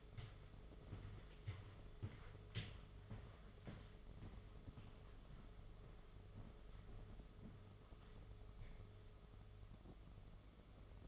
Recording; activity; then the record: daily activity, microphone in the room; walk to room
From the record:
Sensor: 4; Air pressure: 1011.2 hPa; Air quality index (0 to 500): 134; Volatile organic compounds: 3 ppm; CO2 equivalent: 1376 ppm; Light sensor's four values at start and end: 176/457/196/202 and 202/525/225/234